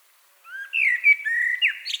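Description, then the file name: Common blackbird giving one mellow fluted phrase of gliding whistles that ends in a brief high scratchy flourish. "Turdus merula"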